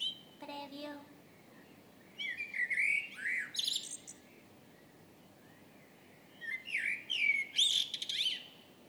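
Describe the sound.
Blackbird singing two phrases of fluted notes, each ending in higher, thinner twittering notes, separated by a pause.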